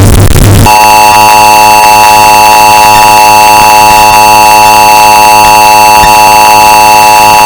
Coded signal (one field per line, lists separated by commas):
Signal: Emergency Alert System (SAME) tones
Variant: 853 and 960 Hz attention tone